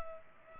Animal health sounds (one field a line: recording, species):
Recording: mosquito wingbeat signal from an infrared sensor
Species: Culex pipiens